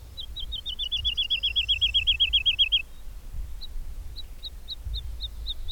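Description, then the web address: Bird song with a fast rippling trill of repeated notes, then a slower series of short high notes. "madarak enek"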